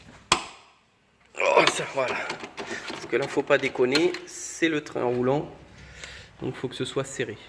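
A torque wrench tightening a suspension fastener during shock absorber replacement gives a single sharp click at 0.3 s as it reaches its set torque, followed by a brief decaying ring and near silence. Someone then talks for the rest of the clip.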